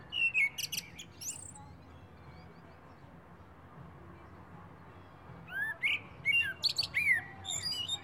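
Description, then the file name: Common blackbird song, a brief fluty phrase with a shrill ending, then a long quiet pause before another mellow warble with high twittering notes. "Turdus merula"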